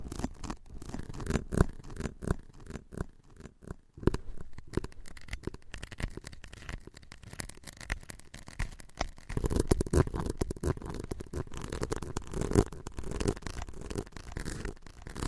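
Tapping and scratching go on without a break, a dense run of quick, irregular clicks and rasping strokes that fill the whole clip. The sound is mostly low and gritty with brighter ticks on top, briefly thinning near four seconds before picking up again.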